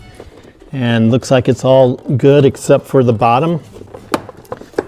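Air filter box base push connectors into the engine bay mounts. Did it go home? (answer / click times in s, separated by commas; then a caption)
yes / 4.1 s, 4.8 s. On a 2013–2026 Ford Escape, during a battery change, the plastic air filter box base is pressed down so its bottom push connectors seat in their rubber grommets in the engine bay. Someone talks, then sharp snaps come at 4.1 s and 4.8 s amid smaller ticks. The base is snapped in place with its push connectors firmly in.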